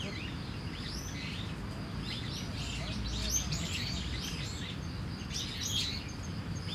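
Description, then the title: Starling song: jumbled chattering and squeaky notes in short bursts, with a steady high insect hum and low-pitched traffic rumble. Singing in a tree in Kiyosumi garden, Tokyo, Japan, with crickets and cars; recorded binaurally with DPA 4060 microphones on a Deity PR-2. "Kiyosumi garden, Tokyo, Japon - Starling in a tree"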